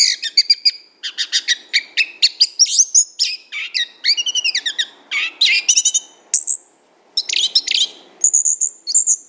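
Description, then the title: Lovebird chattering calls, a rapid run of sharp high chirps and buzzy notes with rising and falling squeaks, nearly continuous with short pauses. Lure call (pikat) used to attract lovebirds. "PIKAT BURUNG LOVEBIRD"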